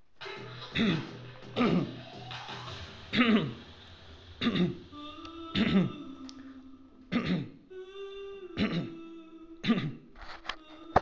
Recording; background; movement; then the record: throat clearing; music; sitting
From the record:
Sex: male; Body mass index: 22.0 kg/m2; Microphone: on the chest, facing outward